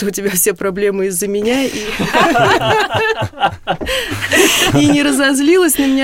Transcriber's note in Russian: Смеются